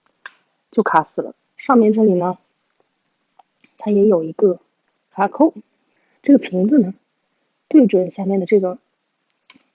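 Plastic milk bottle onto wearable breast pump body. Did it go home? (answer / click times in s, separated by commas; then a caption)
yes / 9.5 s. Someone talks while a small plastic collection bottle is lined up with the circle mark on a wearable breast pump body and pushed on. A sharp click at 9.5 s is heard as the bottle latches onto the pump body, and it is seated.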